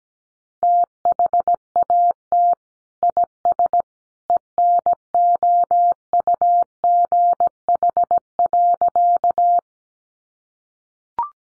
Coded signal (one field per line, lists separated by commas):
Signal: Morse code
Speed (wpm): 17 wpm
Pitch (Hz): 700 Hz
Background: none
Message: THAT IS ENOUGH.